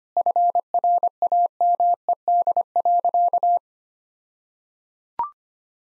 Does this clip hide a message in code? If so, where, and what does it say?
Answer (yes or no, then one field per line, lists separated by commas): yes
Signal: Morse code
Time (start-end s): 0.2-3.6 s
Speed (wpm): 25 wpm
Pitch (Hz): 700 Hz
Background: none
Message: FRAMED.